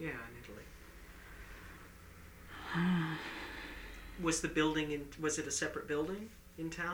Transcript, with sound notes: Yeah, in Italy. (sighs) Was the building, was it a separate building in town?